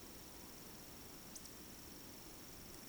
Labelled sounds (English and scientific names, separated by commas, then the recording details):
Eurasian Woodcock (Scolopax rusticola) whistle
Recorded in Baden-Württemberg, Germany, on 9 June 2021 at 20:19 UTC
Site 25175, 602 m above sea level